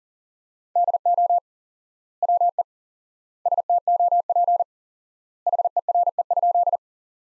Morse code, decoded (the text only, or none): DO WE STOP HERE?